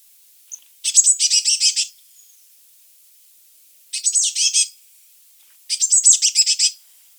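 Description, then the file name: Eurasian blue tit scolding with three dry, rattling churrs, each about a second long and made of quick buzzy notes. "Cyanistes caeruleus"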